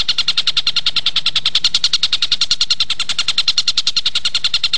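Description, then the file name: Stork-billed kingfisher calling in a fast, even series of harsh ringing notes, continuous without pause. "tengkek buto awi"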